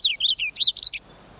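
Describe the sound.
Purple finch song, a rapid warbled run of several bright, slurred notes lasting about one second, then quiet.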